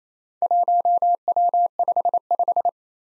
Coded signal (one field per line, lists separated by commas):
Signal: Morse code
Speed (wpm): 29 wpm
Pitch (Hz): 700 Hz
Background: none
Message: 1W55